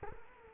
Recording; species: mosquito wingbeat signal from an infrared sensor; Culex quinquefasciatus